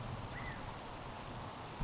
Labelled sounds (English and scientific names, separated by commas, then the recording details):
California Quail (Callipepla californica)
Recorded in Sonoma County, California